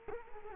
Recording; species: mosquito wingbeat signal from an infrared sensor; Culex quinquefasciatus